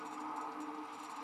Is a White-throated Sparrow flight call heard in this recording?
no